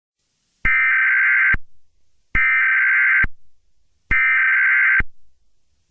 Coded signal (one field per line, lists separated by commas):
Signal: Emergency Alert System (SAME) tones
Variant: header bursts